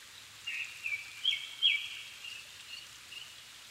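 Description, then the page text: Japanese thrush song, a rich warbled whistled phrase with a few sharp accents, fading into softer notes amid steady hiss. Recorded 7 May 2011 at 17:59 in the evening; Nikko, Japan; altitude 270 m; Sony PCM-D50 recorder with Panasonic WM-61A microphone. "Turdus cardis [Sounds -Nikko Today-]"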